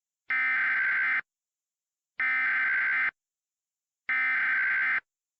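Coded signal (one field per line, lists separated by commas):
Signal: Emergency Alert System (SAME) tones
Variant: header bursts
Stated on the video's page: Fictional Lake Michigan tsunami scenario using valid EAS tones.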